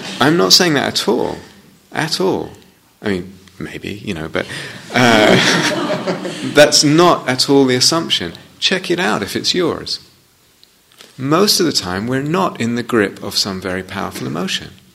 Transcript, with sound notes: I'm not saying that at all, at all. I mean, maybe, you know, but... [laughter] That's not at all the assumption; check it out if it's yours. Most of the time we're not in the grip of some very powerful emotion.